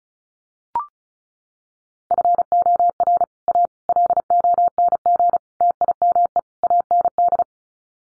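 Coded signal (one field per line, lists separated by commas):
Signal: Morse code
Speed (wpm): 34 wpm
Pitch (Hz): 700 Hz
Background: none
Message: FOR A LONG TIME AND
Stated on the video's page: Computer-generated Morse head-copy drill of common five-word groups at 35 wpm; each set sent, spoken, then sent again.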